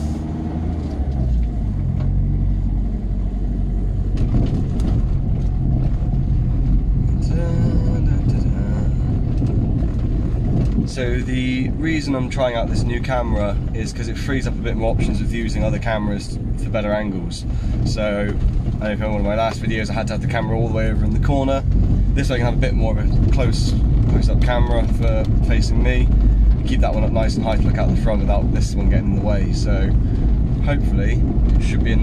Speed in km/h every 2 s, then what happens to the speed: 16, 19, 18, 18, 16, 16, 15, 15, 15, 16, 16, 18, 19, 21, 23, 21.
0-32 steady at about 16.